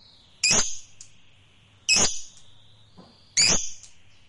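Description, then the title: Lovebird giving three loud, harsh high calls about every one and a half seconds, each trailing into a thin tone. Fighter lovebird. "Suara Lovebird FIGHTER NGEKEK PANJANG"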